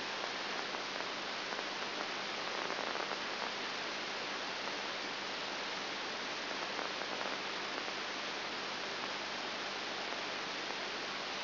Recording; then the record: brain microelectrode recording played as sound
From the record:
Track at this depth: inside the subthalamic nucleus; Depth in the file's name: 1.105 mm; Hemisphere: left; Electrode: 3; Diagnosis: Parkinson's disease